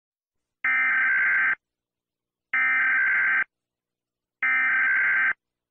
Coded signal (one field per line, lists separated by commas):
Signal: Emergency Alert System (SAME) tones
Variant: header bursts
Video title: ⚠️Norfolk Islands EAS alarm (1900)⚠️